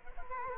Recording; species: mosquito wingbeat signal from an infrared sensor; Culex quinquefasciatus